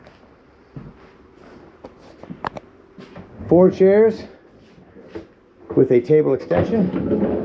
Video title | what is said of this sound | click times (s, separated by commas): 2023 Flagstaff Superlite 29RLBS orientation | bring this back down bring down yourself make sure you hear it click that way you'll know it's in | 2.5 s